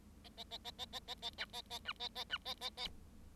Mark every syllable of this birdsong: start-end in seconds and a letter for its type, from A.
0.24-0.29 A, 0.37-0.44 A, 0.51-0.58 A, 0.64-0.71 A, 0.78-0.85 A, 0.92-0.99 A, 1.07-1.15 A, 1.22-1.30 A, 1.38-1.45 B, 1.53-1.61 A, 1.70-1.79 A, 1.85-1.92 B, 2.00-2.08 A, 2.15-2.24 A, 2.29-2.38 B, 2.45-2.54 A, 2.61-2.69 A, 2.77-2.87 A